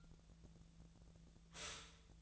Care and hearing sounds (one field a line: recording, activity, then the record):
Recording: daily activity, microphone in the room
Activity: stop toaster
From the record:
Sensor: 3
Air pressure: 1009.2 hPa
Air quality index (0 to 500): 198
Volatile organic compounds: 17 ppm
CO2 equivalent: 2565 ppm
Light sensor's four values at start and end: 32/79/34/36 and 32/79/34/36